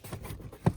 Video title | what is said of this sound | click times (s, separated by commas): 2015-2020 GMC Yukon/Yukon XL Cabin Air Filter - How to Locate, Change, Remove, Replace | Your cover just snaps back in. | 0.7 s